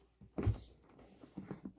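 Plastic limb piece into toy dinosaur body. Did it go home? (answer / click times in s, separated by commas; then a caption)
no / none. A plastic limb piece is pushed against a toy dinosaur body but fails to go in because it is upside down, giving a burst of rubbing and scraping around 0.4 seconds followed by small taps near 1.5 and 1.7 seconds. Nothing has seated or clicked yet.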